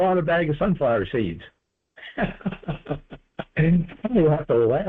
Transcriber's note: laughs